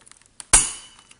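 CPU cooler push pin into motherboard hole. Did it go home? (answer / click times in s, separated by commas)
yes / 0.5 s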